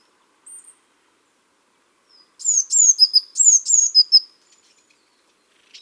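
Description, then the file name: Eurasian blue tit giving one rapid run of many shrill, high, down-sliding notes, with a faint high note before it. "Cyanistes caeruleus"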